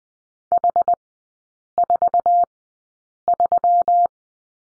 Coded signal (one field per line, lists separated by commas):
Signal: Morse code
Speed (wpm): 20 wpm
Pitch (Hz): 700 Hz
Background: none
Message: H43